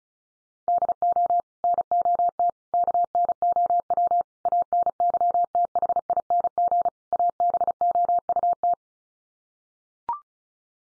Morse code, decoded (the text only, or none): DO NOT KNOW ANYTHING ABOUT